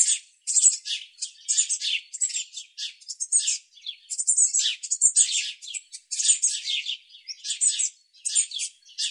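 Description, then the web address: Eurasian blue tit calling in rapid, thin, buzzy chirps that come in clustered bursts throughout, with very brief gaps between runs. "Deverinetal"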